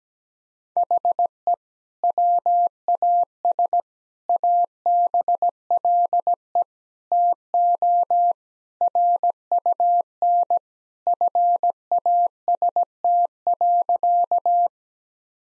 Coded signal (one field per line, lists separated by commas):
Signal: Morse code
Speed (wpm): 17 wpm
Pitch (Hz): 700 Hz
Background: none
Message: HE WAS ABLE TO RUN FAST.